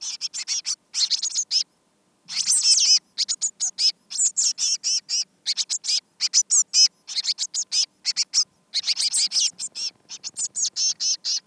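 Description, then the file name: Eurasian blue tit giving long runs of fast, scratchy high notes, almost continuous chatter with a few brief pauses. "Cyanistes caeruleus"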